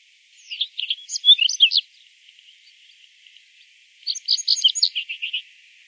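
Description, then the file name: Common reed bunting singing two brief phrases of sharp, tinkling chips, separated by a gap of about two seconds over a light background hiss. "Zigolo di palude"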